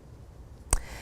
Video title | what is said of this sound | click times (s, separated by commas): Teaching Kids to Crochet: Make a Cat-Cube! | until you hear it click and then it'll stay. | 0.7 s